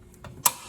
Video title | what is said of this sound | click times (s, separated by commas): Turkey pan - Support Bracket Installation | There's the click, and now we can see they are locked in. | 0.5 s